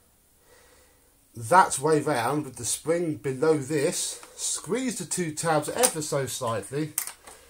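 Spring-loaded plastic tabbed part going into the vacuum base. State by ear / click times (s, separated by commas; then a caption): not seated / none. A spring-loaded plastic tabbed part is handled under the base of a Dyson DC07 vacuum while someone talks, its two tabs squeezed slightly as it is lined up to go in. Faint handling noise sits under the speech, and the clip ends with nothing seated or clicked into place yet.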